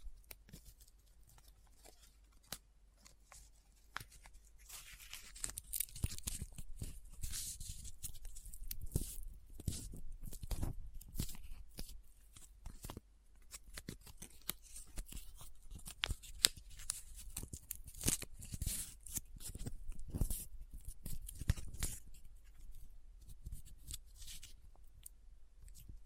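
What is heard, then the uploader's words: Close-up paper crinkling, rubbing and scratching in dense bursts of crisp, bright crackles, quiet at first, busiest around ten and twenty seconds. ASMR Close Up Paper Sounds - Folding, Scratching, Rubbing, Crinkle (No Talking).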